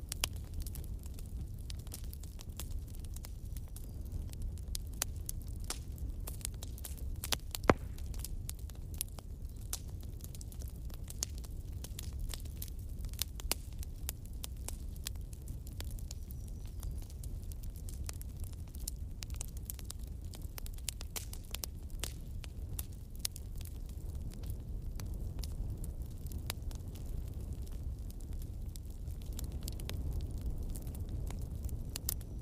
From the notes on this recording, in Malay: bunyi 'UNGGUN API'